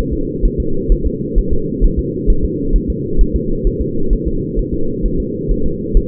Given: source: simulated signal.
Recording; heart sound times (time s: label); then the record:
fetal heart sounds
0.13 s: S2
0.46 s: S1
0.60 s: S2
0.92 s: S1
1.07 s: S2
1.38 s: S1
1.53 s: S2
1.84 s: S1
1.99 s: S2
2.30 s: S1
2.45 s: S2
2.76 s: S1
2.90 s: S2
3.21 s: S1
3.36 s: S2
3.67 s: S1
3.82 s: S2
4.13 s: S1
4.28 s: S2
4.59 s: S1
4.74 s: S2
5.06 s: S1
5.20 s: S2
5.51 s: S1
5.66 s: S2
5.97 s: S1
From the record:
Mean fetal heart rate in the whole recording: 130 bpm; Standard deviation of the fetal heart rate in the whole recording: 2 bpm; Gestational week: 38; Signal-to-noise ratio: -8.1 dB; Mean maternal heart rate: 72 bpm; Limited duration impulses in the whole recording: absent